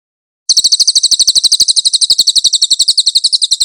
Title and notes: MASTER SUARA BURUNG CILILIN, AUDIO JERNIH. CICILIN